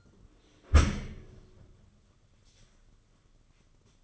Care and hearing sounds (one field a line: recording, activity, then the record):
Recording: daily activity, microphone in the room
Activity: close dishwasher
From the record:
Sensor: 4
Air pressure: 995.3 hPa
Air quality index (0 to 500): 213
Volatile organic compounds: 241 ppm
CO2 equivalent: 4336 ppm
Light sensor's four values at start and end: 31/95/36/39 and 31/96/36/40